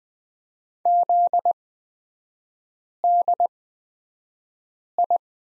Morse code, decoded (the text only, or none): ZDI